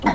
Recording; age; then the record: pig call; piglet (1 to 25 days)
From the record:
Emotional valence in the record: positive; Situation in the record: reunion after long isolation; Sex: male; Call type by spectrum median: low-frequency call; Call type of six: low-frequency tonal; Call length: 0.15 s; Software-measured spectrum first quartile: 281 Hz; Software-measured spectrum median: 702 Hz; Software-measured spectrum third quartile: 1154 Hz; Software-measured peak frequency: 933 Hz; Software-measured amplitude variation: 180 dB a second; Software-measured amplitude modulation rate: 3.3 a second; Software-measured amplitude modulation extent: 54.4 dB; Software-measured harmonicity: 1.4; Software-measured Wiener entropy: -0.98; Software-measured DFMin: 577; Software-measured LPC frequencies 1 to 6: 876, 2008, 3235, 4127, 5622, 7163 Hz